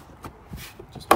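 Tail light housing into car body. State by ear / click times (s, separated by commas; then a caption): seated / 1.1 s. On a Ford Territory, the plastic tail light housing has its locating knobs lined up with the holes in the car body and is pushed back in. Quiet handling noises, including a soft knock at 0.2 s, lead up to a sharp, loud click at 1.1 s as the tail light assembly seats into the body.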